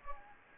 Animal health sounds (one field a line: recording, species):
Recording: mosquito wingbeat signal from an infrared sensor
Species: Anopheles gambiae